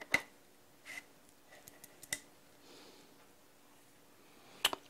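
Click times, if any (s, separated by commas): 4.7 s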